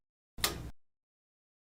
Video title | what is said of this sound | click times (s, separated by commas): Synthesis® Side Cabinetry Keyless Lock /Retrofit Metal Keyless Lock Kit Installation - VDO 0200 00 | counterclockwise until you hear or feel a snap sound | 0.4 s